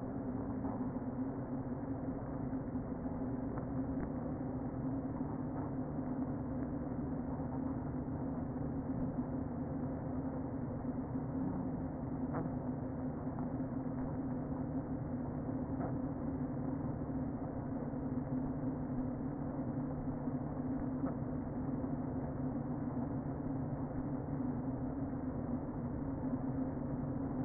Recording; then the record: honeybee colony, microphone inside the hive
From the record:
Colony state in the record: queen present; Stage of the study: before two queens were removed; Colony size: about 60,000 bees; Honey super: yes